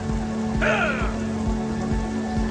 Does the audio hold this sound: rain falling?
yes